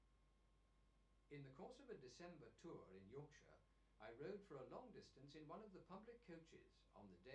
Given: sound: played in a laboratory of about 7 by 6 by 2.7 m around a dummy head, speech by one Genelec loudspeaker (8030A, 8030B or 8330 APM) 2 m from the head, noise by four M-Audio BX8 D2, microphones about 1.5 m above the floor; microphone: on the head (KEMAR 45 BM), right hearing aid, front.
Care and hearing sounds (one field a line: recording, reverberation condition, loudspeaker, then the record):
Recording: male speech in English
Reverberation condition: low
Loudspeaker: 90 degrees to the left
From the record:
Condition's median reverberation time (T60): about 310 ms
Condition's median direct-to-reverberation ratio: about 3.5 dB